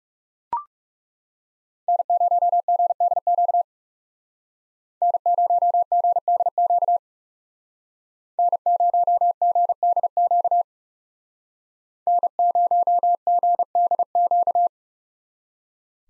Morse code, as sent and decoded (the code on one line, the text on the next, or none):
-. ----- --. -.. --.- / -. ----- --. -.. --.- / -. ----- --. -.. --.- / -. ----- --. -.. --.-
N0GDQ N0GDQ N0GDQ N0GDQ